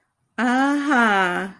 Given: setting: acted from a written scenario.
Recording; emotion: vocal sound without words; pride